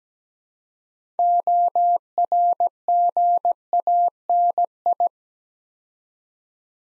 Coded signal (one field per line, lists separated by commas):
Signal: Morse code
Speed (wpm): 17 wpm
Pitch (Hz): 700 Hz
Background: none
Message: ORGANI